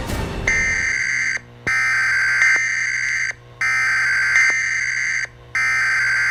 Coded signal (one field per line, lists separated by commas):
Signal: Emergency Alert System (SAME) tones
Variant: header bursts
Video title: My reaction for Edward’s Vlog and Reacting Channel EAS Scenario rattled (read description)